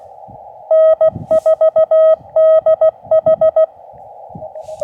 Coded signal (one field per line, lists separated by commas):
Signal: Morse code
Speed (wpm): 16 wpm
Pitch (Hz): 1900 Hz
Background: none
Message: N4DH